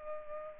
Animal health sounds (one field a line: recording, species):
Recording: mosquito wingbeat signal from an infrared sensor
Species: Culex pipiens